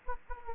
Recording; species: mosquito wingbeat signal from an infrared sensor; Anopheles gambiae